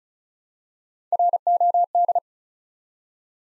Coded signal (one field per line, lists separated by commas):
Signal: Morse code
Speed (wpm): 35 wpm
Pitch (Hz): 700 Hz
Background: none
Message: ROD